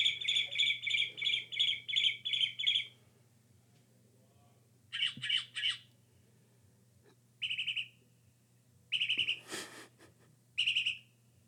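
Northern mockingbird song: a long fast series of rapid, repeated buzzy notes, then shorter bursts of similar notes after a pause, over a low steady hum.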